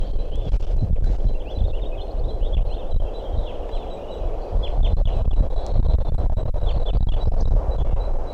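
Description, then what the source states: Red Crossbill calls, a rapid series of short high down-slurred notes repeated many times, over strong low rumbling noise. Type 2; speaker hears possible begging or copulation calls; in ponderosa pines near a road.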